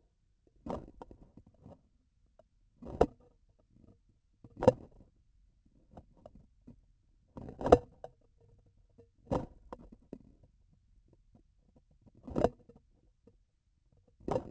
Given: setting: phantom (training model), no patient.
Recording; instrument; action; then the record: laparoscopic instrument, vibration sensor on the handle end; grasping forceps; opening and closing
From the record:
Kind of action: tool actuation without material contact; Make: Olympus